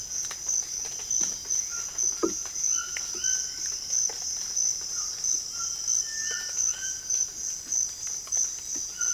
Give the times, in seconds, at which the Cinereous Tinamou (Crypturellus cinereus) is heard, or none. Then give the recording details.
5.93-6.54. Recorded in secondary vegetation near Puerto Asís, Putumayo, Colombia, on 12 March 2025 at 06:30. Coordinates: 0.488, -76.319. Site G095